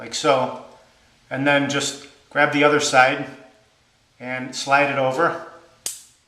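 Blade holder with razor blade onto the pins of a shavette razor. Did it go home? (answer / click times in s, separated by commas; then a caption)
yes / 5.9 s. A double-edged razor blade is laid over the pins of a shavette razor's blade holder, and the other side of the holder is slid over it while someone talks. At 5.9 s a short, sharp snap is heard as the blade holder locks into place on the pins.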